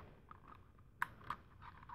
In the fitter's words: It just clicks into place.